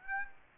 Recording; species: mosquito wingbeat signal from an infrared sensor; Aedes aegypti